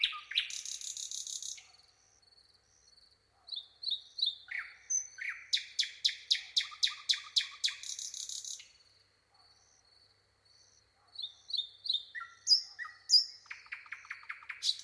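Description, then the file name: Common nightingale song: buzzy rattles, varied whistles and a long run of rapid repeated clicks, followed by pauses and further whistled phrases. "Luscinia megarhynchos"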